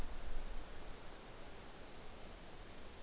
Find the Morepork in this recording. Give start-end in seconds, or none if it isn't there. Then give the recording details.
none. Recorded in New Zealand on 9 October 2013. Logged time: 17:00. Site Ponui